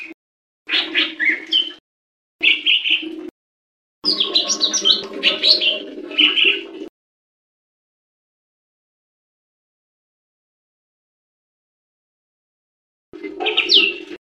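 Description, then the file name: Leafbird giving three bursts of rich chattering song separated by brief gaps, then a long silence and one final burst. "cucak hijau mini. omkicau"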